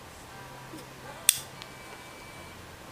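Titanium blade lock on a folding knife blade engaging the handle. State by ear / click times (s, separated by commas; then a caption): seated / 1.3 s. A folding knife blade is opened along its polished cam ramp until the blue anodized titanium lock on the blade spine engages the handle. The lock snaps into place with one sharp, bright click at 1.3 s, followed by a faint tick at 1.6 s over a quiet hum. The blade is locked securely.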